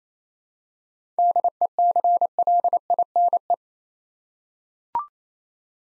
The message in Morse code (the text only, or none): DECLINE